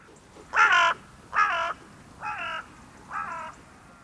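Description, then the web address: Bird calls, four harsh cawing notes about a second apart, the first two loudest and the last two softer, over quiet background. "Deverinetal 2025 File origin Bird Only"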